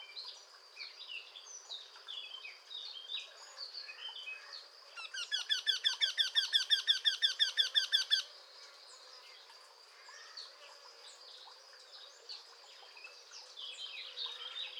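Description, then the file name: Eurasian wryneck: a three-second series of sharp, nasal repeated notes in the middle, surrounded by chirping and twittering of other birds. "torcol"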